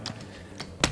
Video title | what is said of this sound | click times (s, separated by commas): Darche's NEW Kozi Roof Top Tent- features and set up | i hear it click | 0.8 s